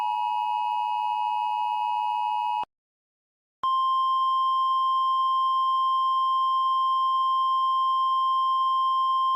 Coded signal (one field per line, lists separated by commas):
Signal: Emergency Alert System (SAME) tones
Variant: 853 and 960 Hz attention tone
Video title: Emergency Alert System Scenario #11: "Wyoming Gets Blown Up"